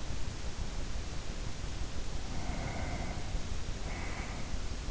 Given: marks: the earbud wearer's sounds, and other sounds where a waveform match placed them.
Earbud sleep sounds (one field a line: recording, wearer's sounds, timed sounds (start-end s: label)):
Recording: sounds in sleep by an in-ear microphone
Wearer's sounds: breath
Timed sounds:
2.12-4.55 s: breath